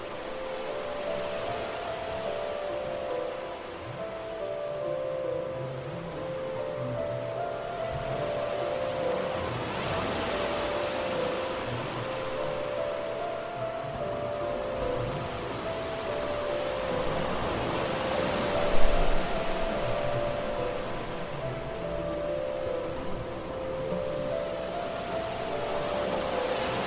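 Piano notes held in soft, repeating clusters float over a steady wash of sea at Aberystwyth, with a brief louder surge near nineteen seconds.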